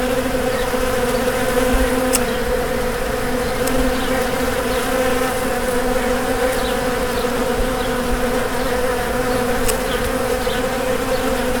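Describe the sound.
Bees buzzing in a steady, dense hum, unbroken throughout, with a few faint clicks.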